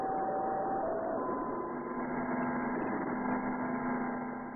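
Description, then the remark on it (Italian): The radio signal of the Transit 4B satellite in orbit: a steady, buzzing electronic tone with several sustained pitched lines, resembling an old car horn, droning continuously for a few seconds with no talking. “Infatti anche la voce del Transit 4B che state ascoltando assomiglia a quella di un vecchio clacson.”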